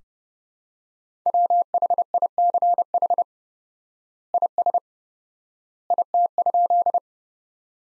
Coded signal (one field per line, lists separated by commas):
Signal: Morse code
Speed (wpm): 30 wpm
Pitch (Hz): 700 Hz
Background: none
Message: WHICH IS IT?